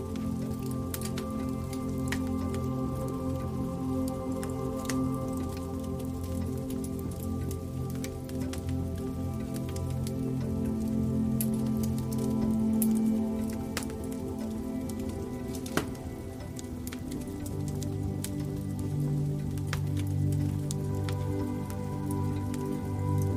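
A nearby fire crackles with sparse, irregular sharp pops over a steady low rumble that swells slightly around the middle.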